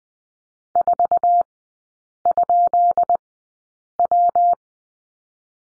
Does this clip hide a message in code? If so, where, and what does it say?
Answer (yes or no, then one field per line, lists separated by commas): yes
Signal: Morse code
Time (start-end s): 0.8-4.5 s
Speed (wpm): 20 wpm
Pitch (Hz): 700 Hz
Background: none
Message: 4?W